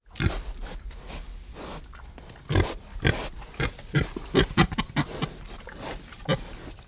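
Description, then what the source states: Tamworth pig making occasional low grunts amid sharp crunching and clicking chewing sounds, becoming busier in the second half. Tamworth pigs grunting and breathing while eating.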